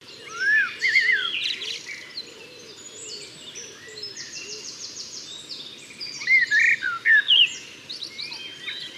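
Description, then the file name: Common blackbird singing mellow warbled phrases at the start and again near the end, amid a dense chorus of other birds with high trills and low coos. "Turdus merula"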